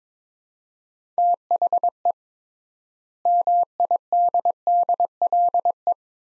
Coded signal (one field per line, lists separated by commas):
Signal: Morse code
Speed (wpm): 22 wpm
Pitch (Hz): 700 Hz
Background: none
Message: THE MIDDLE